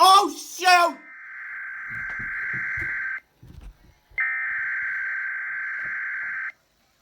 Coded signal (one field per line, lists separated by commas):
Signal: Emergency Alert System (SAME) tones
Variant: header bursts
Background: speech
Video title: EAS 116 FLASH FLOOD WATCH IN VA